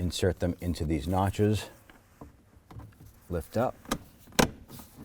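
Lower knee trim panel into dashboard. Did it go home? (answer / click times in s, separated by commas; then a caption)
yes / 4.4 s. Someone talks while the plastic lower knee trim panel (knee bolster) of a 2007-17 Jeep Wrangler is reinstalled into the dashboard during a blend door actuator replacement: its bottom tabs are inserted into the notches, then it is lifted up. Faint handling knocks follow, and the panel's clips click into place with a sharp snap at 4.4 s, seating it.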